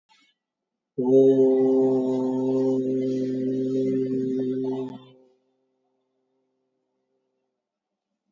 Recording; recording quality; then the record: sustained vowel as in boot; excellent, no background noise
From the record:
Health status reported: COVID-19 positive, no symptoms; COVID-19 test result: positive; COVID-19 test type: RT-PCR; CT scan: taken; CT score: 2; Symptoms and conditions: fatigue, hypertension, diabetes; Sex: male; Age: 48 years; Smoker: no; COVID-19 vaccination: one dose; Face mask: worn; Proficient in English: yes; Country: India